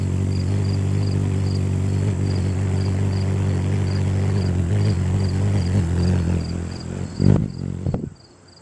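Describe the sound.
Hummingbird wing hum, a continuous low buzzing drone for about seven seconds, with a faint high pulsed tone repeating steadily and two short sharp bursts near the end.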